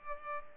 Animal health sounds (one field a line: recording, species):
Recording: mosquito wingbeat signal from an infrared sensor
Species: Culex pipiens